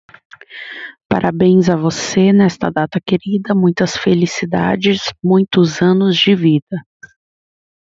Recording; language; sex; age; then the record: short text; Brazilian Portuguese; female; 20 to 29 years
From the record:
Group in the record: control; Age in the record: 24 years